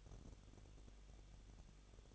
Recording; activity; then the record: daily activity, microphone in the room; no activity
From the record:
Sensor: 4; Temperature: 23.0 degrees Celsius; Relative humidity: 34.4%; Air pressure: 1007.3 hPa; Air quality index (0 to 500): 216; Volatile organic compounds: 15 ppm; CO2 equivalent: 2502 ppm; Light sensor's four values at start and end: 2/3/1/1 and 2/3/1/1